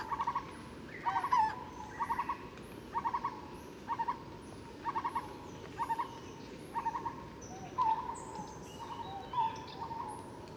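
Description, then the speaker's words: Barbets calling, repeated short bursts of hollow notes, with faint high chirps in the background. Two barbet species heard; recorded 8 December at 10:30 at the Bayon temple, Angkor, Cambodia, in forest of 30–40 m tall trees around the temples. "Là, on entend deux espèces de barbus."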